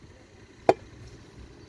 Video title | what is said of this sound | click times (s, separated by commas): EB FORD HEADLIGHT REBUILD. | and you hear a click | 0.7 s